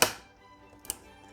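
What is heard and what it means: A second memory module is pushed into its motherboard DIMM slot until the latch clicks, with a sharp, loud click at 0.0 s that rings off over about the first 0.2 s. Two smaller ticks follow near 0.9 s, and the module is seated.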